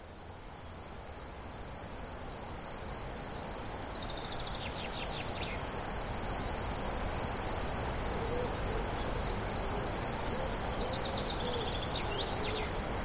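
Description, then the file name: Cricket song: fast, regular high chirps about three per second, growing louder after four seconds, with a few brief bird-like chirps mixed in. Crickets recorded 17 July 2013 at La Fortiche, with an MZ-N710 recorder. "grillons la fortiche 17 07 13"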